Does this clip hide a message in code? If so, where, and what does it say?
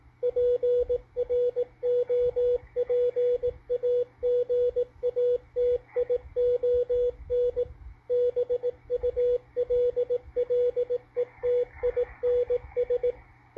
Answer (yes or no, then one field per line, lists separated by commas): yes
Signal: Morse code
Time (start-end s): 0.2-13.1 s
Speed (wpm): 18 wpm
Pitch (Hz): 490 Hz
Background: radio noise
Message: PROPAGATION BULLETINS